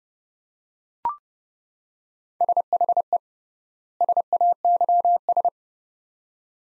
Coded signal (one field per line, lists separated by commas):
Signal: Morse code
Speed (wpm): 30 wpm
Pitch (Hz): 700 Hz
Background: none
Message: SHE SAYS